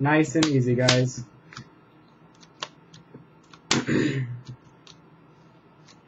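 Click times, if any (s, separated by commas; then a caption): 2.6 s, 3.7 s. Someone talks while pressing around the perimeter of a plastic screen bezel (face plate) on a Gateway KAV60 laptop display lid, with several small sharp snaps in between. The bezel clips snap back on and seat, with the clear clicks at 2.6 s and 3.7 s.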